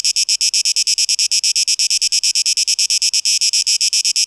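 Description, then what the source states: Cicada song with clearly separated pulses of high buzzy sound in quick succession, keeping a steady rhythm. 12 August 2023.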